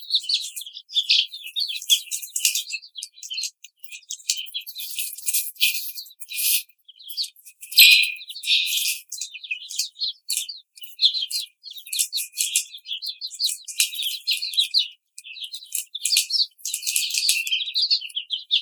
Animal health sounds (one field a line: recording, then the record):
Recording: young laying hens in a cage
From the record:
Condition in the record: treatment cage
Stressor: simulated dog barking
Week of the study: 5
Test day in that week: 1